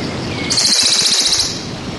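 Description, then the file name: Western Bonelli's warbler song: a brief, fast, dry trill of high repeated notes lasting about a second, over a loud, noisy background. "Berglaubsaenger"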